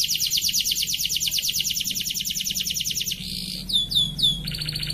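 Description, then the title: Atlantic canary song: a long, even, high rattling trill, then swooping whistled notes and a short buzz, over a low background rumble. Kenari (canary) in the 'kalitan' style, titled 'gaya gela gelo'. "KENARI KALITAN GAYA GELA GELO"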